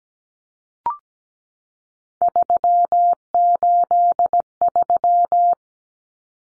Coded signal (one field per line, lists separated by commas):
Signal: Morse code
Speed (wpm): 17 wpm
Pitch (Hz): 700 Hz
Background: none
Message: 383